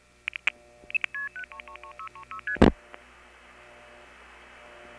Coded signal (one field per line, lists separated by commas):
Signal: multi-frequency trunk signalling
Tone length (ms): 90 ms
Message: 333636ST